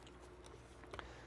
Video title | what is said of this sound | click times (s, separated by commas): CZ 452 / 453 / 455 / 457 / 512 Extended Magazine Catch Installation & Overview - M*CARBO | Now one thing about this trigger guard is usually you have to compress it just a hair, and it'll snap right into the stock just like that. | 1.0 s